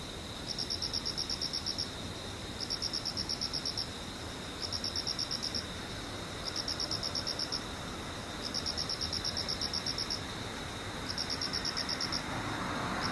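Insects call in regular bursts, each a rapid, high, buzzing trill lasting just over a second and repeating about every two seconds. Beneath them runs a steady, thin whine that never stops, over a soft, even outdoor hiss.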